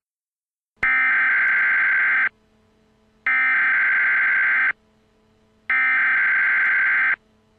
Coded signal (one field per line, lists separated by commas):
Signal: Emergency Alert System (SAME) tones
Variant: header bursts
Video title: An EAS timeline of the 5/31/13 St. Louis Tornado